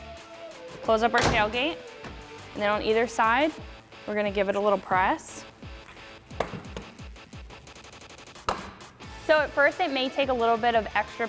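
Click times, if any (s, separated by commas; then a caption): 6.4 s, 8.5 s. After the tailgate is closed, each side of a folding tonneau cover is pressed down so its latch locks onto the truck bed side rail. Someone talks over background music, then two sharp, short clicks sound at 6.4 s and 8.5 s, one per side. Both latches lock into place.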